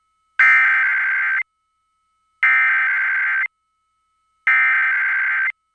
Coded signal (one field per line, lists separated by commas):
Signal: Emergency Alert System (SAME) tones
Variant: header bursts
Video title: [EAS #2030-#2034] Why Hello there KLOVE, KSL & KUTR